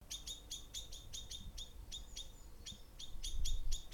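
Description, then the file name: Bird song of quick, sharp, high chirps repeated in a rapid irregular series over a low rumble of passing traffic. Birds singing while cars pass by. "birds songs and cars passing by"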